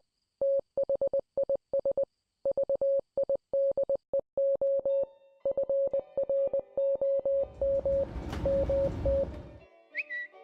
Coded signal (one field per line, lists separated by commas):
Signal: Morse code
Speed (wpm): 20 wpm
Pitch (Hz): 550 Hz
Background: none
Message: THIS VIDEO FROM MT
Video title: The String: Story of How I Met My Soulmate [Morse Code Dub] (Animation)